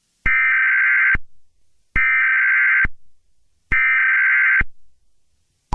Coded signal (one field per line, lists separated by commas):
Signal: Emergency Alert System (SAME) tones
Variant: header bursts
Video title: Eas do not download iOS 15